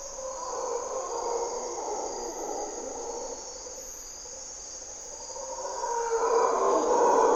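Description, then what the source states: Mantled howler monkeys roaring in a low, droning chorus that fades in the middle and swells louder toward the end, over a steady high-pitched insect hum. Mantled howler monkeys calling at morning twilight, waking the jungle, primary hardwood forest by a deep river valley, Corcovado National Park, Osa Peninsula, Costa Rica; distinctive grunts and calls.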